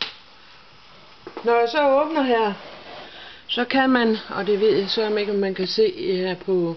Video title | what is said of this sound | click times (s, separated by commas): Hvordan man kan vakuumpakke i et syltetøjs glas. | Men man kan måske høre at så giver den et lille klik og så er mit glas vakumpakket | 0.0 s